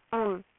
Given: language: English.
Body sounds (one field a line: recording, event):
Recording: throat vibration sensor signal played as sound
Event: speech